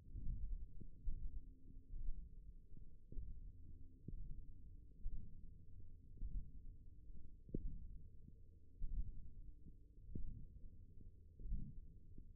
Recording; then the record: forearm muscle sounds (acoustic myography)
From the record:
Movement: thumb flexion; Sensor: system 1, eight BSWA MPA416 microphones around the upper forearm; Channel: 4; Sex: male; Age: 23 years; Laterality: right